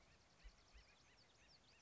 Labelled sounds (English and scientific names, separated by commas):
Acorn Woodpecker (Melanerpes formicivorus)